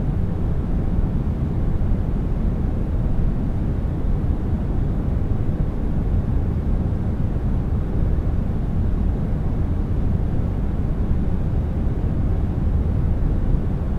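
Steady, unbroken noise fills all fourteen seconds, weighted heavily toward a deep rumble with only a faint hiss on top, much like an engine drone. The level never shifts, and no separate sounds or events stand out.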